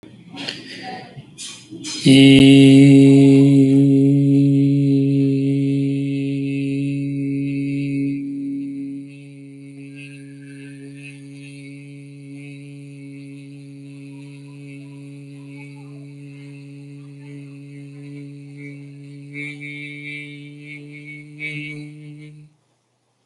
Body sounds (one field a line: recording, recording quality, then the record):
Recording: sustained vowel as in beet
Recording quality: moderate, slight background noise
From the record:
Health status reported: healthy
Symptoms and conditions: none ticked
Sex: male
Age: 39 years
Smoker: not ticked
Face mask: not worn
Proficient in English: yes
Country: India